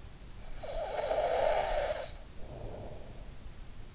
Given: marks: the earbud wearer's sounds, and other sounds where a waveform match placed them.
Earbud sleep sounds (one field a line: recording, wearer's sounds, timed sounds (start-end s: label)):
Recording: sounds in sleep by an in-ear microphone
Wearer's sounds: snoring breath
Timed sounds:
0.35-3.21 s: snoring breath